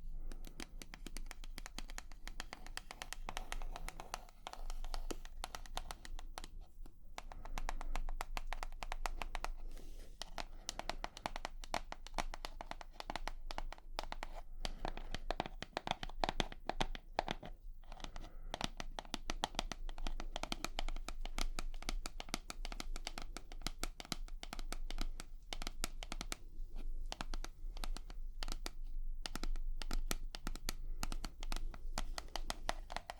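Tapping runs through the whole stretch as a dense, fast patter of crisp little clicks, with brief gaps of near-silence around 7, 18 and 28 seconds. The hits are bright and papery, almost crinkling, over a faint low hum.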